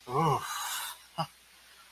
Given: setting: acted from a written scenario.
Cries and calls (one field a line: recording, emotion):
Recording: vocal sound without words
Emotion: desire